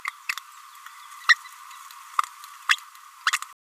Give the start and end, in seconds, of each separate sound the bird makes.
1.29-1.34, 2.69-2.79